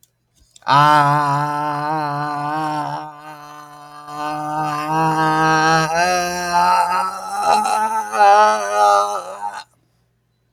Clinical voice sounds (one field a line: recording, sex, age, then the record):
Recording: vowel held as long as possible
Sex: male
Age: 30 to 39 years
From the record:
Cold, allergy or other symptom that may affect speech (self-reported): no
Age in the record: 32 years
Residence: Iowa, United States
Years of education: 12